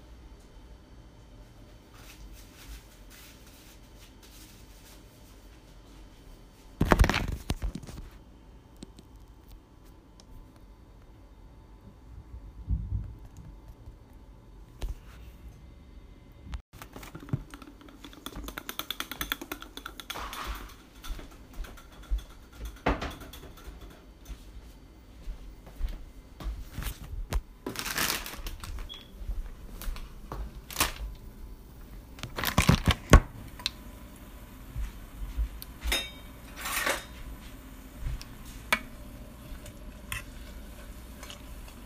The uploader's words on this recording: First time cooking A S M R. Fried Oreos and funnel sticks ASMR style.